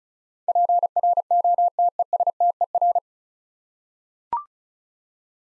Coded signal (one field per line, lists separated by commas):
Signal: Morse code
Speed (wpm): 36 wpm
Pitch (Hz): 700 Hz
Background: none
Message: PROTESTER